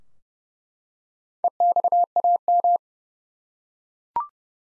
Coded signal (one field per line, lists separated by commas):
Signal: Morse code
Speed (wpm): 30 wpm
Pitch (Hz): 700 Hz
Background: none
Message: EXAM